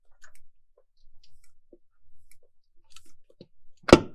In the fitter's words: so that's two clicks and if